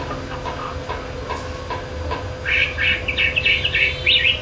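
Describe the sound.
Chinese hwamei song: faint clicks and scattered notes at first, then a quick burst of loud, varied whistled phrases over the last two seconds, with a steady hum throughout.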